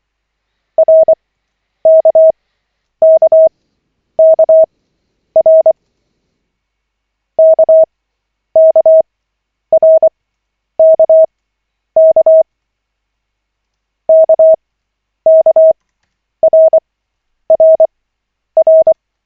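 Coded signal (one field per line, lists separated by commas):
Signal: Morse code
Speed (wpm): 24 wpm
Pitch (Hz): 640 Hz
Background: none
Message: RKKKR KKRKK KKRRR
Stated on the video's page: Koch-method Morse practice session of five minutes, lesson 5 of 40, generated by the LCWO.net website.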